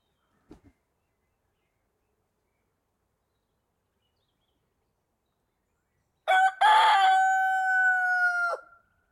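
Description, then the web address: Rooster crowing once, a loud harsh cock-a-doodle-doo held for about two seconds after a long quiet stretch with a couple of faint taps. Countryside field ambience, recorded by day. "Fox Audio Post-Production - Countryside – Nature Field Amb Countryside Day Rooster Birds"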